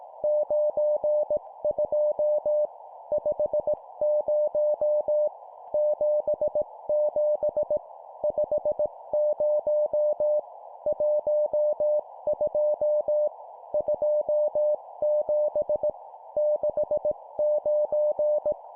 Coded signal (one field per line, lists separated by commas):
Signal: Morse code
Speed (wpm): 18 wpm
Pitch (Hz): 600 Hz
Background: none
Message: 92 50 77 50 12 27 69